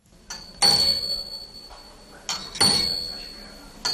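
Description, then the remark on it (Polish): The huge iron, hand-wound mechanism of the Tarnów town hall tower clock in Poland, from the second half of the 17th century, gives two sharp metallic clangs about two seconds apart, each leaving a high, thin ringing tone that hangs over a low mechanical rumble. “W Tarnowie właśnie znajduje się najstarszy ręcznie nakręcany zegar ratuszowy w Polsce”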